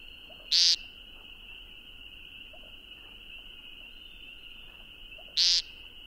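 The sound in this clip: Woodcock calls with two brief nasal buzzes nearly five seconds apart, over a steady shrill insect drone.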